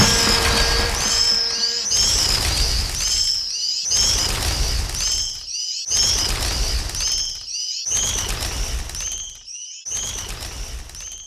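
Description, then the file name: Swift screaming calls, piercing high buzzy notes in quick series, repeating in bursts about every two seconds over a rushing noise background. "Martinet"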